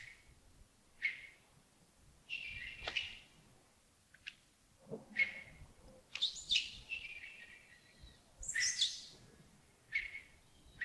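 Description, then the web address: Birds calling with sharp high chirps and a few longer squeaky notes, spaced irregularly with quiet gaps between. Early morning at Yagongding (亚公顶), 28 December 2025, about 07:40. "2025-12-28 亚公顶清晨 251228 074040 birds"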